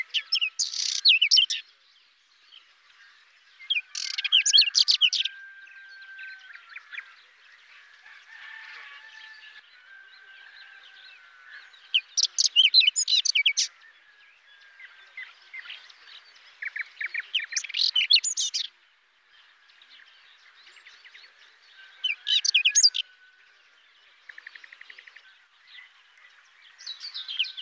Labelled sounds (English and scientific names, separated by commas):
Whinchat (Saxicola rubetra) song